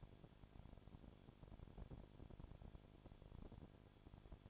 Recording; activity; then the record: daily activity, microphone in the room; no activity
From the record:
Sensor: 5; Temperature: 20.2 degrees Celsius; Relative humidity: 36.5%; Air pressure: 1001.2 hPa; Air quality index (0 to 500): 176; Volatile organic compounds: 4 ppm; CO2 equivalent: 1607 ppm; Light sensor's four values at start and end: 2/3/1/1 and 2/3/1/1